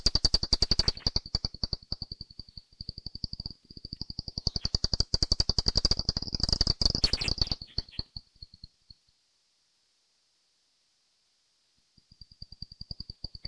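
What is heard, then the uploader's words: A brown long-eared bat's calls come as rapid, regular clicking pulses in dense trains for about eight seconds, speeding up into a tight buzz near seven seconds. After a silent gap, the clicking resumes faintly near the end, over a thin, high steady whine. Brown Long-Eared Bat, Valley Gardens. Part of the Sound Map Of Harrogate.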